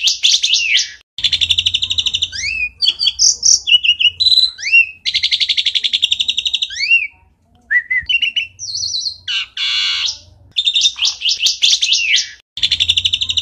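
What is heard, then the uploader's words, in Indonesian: An Asian pied starling sings energetically, pouring out a dense, varied stream of rapid chattering trills, squeaky rising whistles and bright buzzy notes with only brief pauses, the longest around the eighth second. A faint low hum sits underneath. Jalak suren gacor. Suara burung.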